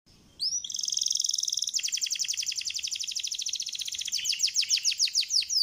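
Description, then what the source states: Canary giving a long continuous buzzing trill, rich and rapid, that breaks into a run of fast downward-slurred chirps toward the end. Canary master song, recorded for training other canaries to imitate; described as gacor, meaning singing energetically and continuously.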